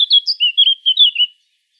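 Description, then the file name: Eurasian blackcap giving a quick warbled phrase of high chirpy notes, varied and tumbling, lasting just over a second before silence. "Sylvia atricapilla"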